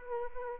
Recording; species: mosquito wingbeat signal from an infrared sensor; Anopheles arabiensis